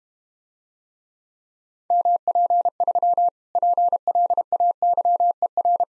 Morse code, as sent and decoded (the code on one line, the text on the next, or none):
-- .--. ...-- / .--. .-.. .- -.-- . .-.
MP3 PLAYER